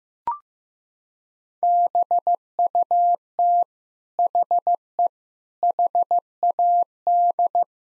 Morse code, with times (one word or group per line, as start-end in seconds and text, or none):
1.6-3.6 BUT
4.2-5.1 HE
5.6-7.6 HAD